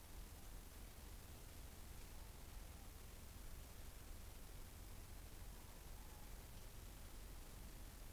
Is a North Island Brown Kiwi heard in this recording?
no